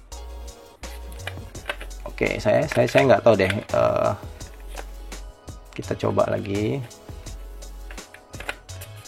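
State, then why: Not seated. An internal part of a Canon 55-250 zoom lens is being fitted into the lens barrel assembly for another try after a failed attempt. Someone talks over background music while small sharp handling taps and clicks are heard. Nothing has seated or locked into place yet.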